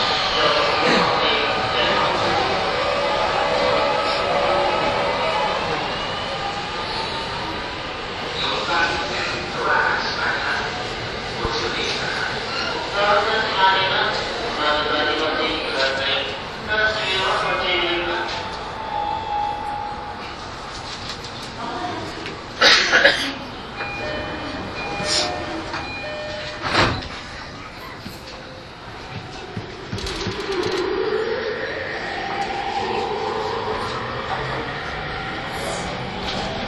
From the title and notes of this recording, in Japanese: E231系 山手線外回り01 東京～東京。2010年代当時山手線で主力車両だった、E231系山手線外回りを収録したものです。